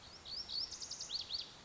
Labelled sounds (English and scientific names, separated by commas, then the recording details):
Lazuli Bunting (Passerina amoena)
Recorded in Sonoma County, California